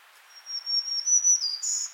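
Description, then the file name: Black-throated green warbler song: a thin, high buzzy series of wavering notes, a brief dip, then a higher buzzy note to finish, lasting about a second and a half. "Setophaga virens - Black-throated Green Warbler"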